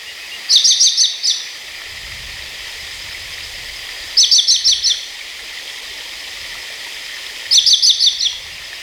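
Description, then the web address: Chiguanco thrush song: a bright, high phrase of rapid repeated slurred notes, given three times at intervals of about three and a half seconds over a steady rushing background. Ecuador. "S America Birds of Ecuador. Chiguanco Thrush"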